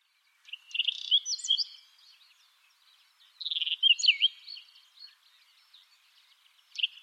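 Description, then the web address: Finch song: high, twittering phrases of slurred and sliding notes, repeated about every three seconds, with a final phrase starting at the end. "Vogelraetsel 3. Heidefink"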